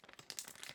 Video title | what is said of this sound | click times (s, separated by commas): Vacuum Bags TESTED Wfiia vs Real World Packing | right, now we go. That's why it's important to seal it. I actually did hear it. | 0.3 s, 0.4 s